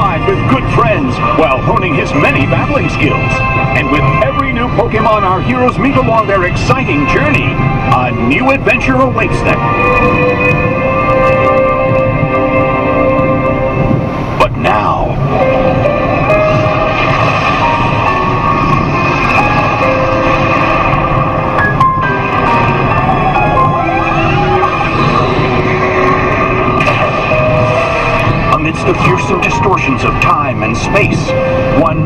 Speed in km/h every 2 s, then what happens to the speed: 113, 112, 112, 112, 111, 111, 112, 112, 112, 112, 112, 112, 112, 112, 112, 112.
0-32 steady at about 112.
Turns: none.